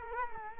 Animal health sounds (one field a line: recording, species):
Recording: mosquito wingbeat signal from an infrared sensor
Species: Culex quinquefasciatus